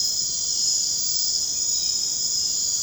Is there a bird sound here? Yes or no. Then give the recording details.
no. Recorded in secondary vegetation near Puerto Asís, Putumayo, Colombia, on 13 March 2025 at 00:00. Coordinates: 0.484, -76.319. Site G010